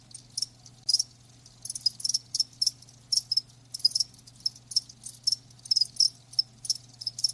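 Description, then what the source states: Cricket giving high, rapid chirps over a low steady hum. Live crickets chirping.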